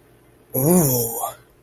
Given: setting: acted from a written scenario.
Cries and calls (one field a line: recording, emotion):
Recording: vocal sound without words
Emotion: awe